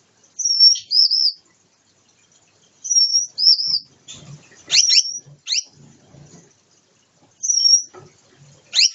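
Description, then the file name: Gouldian finch song: high whistled notes, each a steady tone then a wavering one, given a few times, mixed with sharp descending chirps and soft clicks between phrases. Pair formation and courtship dance. "amadiny gulda sozdanie pary bracnyi tanec"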